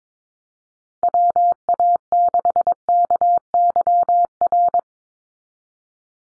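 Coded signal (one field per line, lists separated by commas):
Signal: Morse code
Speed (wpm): 22 wpm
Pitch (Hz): 700 Hz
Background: none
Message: WA6KYR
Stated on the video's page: Head-copy drill of North American SOTA chaser callsigns at 22 wpm, each sent in Morse, spoken, then sent again.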